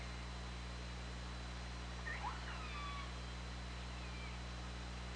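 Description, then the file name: Orca calls, a short burst of pulsed sounds followed by thin whistles sliding downward, faint against constant low hum. On an OrcaLab hydrophone, 24 August 2017, at 20:29:41. "Orca Lab UTLN JASON 20170824 202941"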